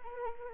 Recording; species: mosquito wingbeat signal from an infrared sensor; Anopheles arabiensis